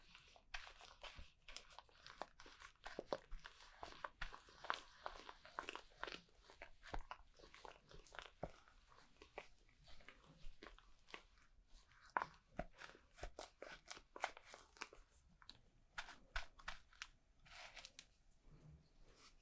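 A haircut in progress: quick, crisp snips and clicks come in irregular bursts for the whole stretch, some sharper and louder than others. Between them runs a soft, scratchy rustle, with the snipping growing denser and brighter toward the end.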